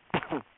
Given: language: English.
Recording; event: throat vibration sensor signal played as sound; cough